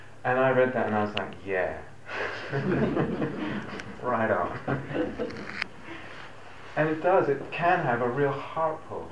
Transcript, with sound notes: And I read that, and I was like, "Yeah. Right on." [laughter] And it does. It can have a real heart pull.